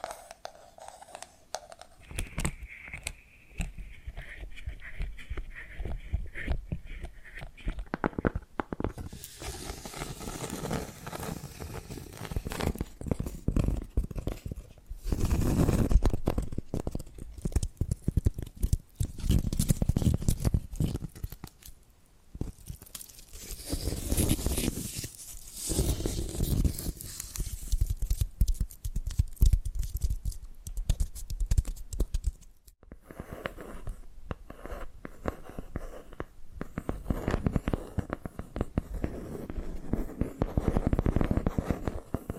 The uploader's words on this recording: ASMR Hypnotic Tapping and Scratching Sounds (No Talking).